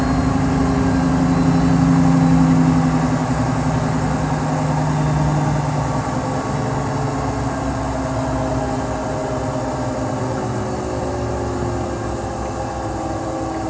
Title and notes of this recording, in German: Wäsche in der Waschmaschine. Gleichmäßigen, rumpelnd-gluckernden Umdrehungen der Waschmaschine